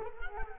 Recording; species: mosquito wingbeat signal from an infrared sensor; Culex quinquefasciatus